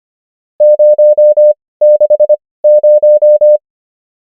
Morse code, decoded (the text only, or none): 060